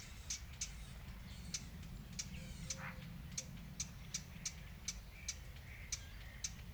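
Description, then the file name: Eurasian blackcap giving hard, clicking tac calls, about a dozen sharp ticks at irregular intervals, over a low steady rumble. "Sylvia atricapilla"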